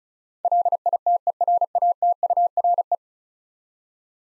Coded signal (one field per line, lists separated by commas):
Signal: Morse code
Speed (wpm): 36 wpm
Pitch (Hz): 700 Hz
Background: none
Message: LITERATURE